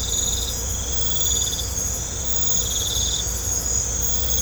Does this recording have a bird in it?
no